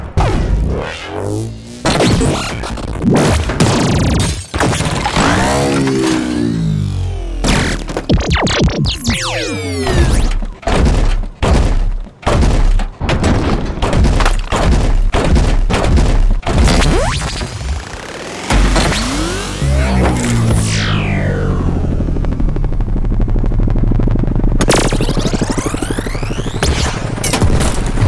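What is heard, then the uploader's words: Synthesized robot and mechanism sounds fill the whole stretch, loud and dense, with rapid clanking hits, whirring sweeps and warbling tones that rise and fall. Sharp impacts cluster through the middle, and a low rumble runs underneath with bright swooping zaps near the end. Robot Sound Effects. From synthesized robot movements, complex mechanisms and transforming sounds to futuristic weapons and energy blasts. Has been created with hardware synthesizers, electromagnetic fields and field recordings.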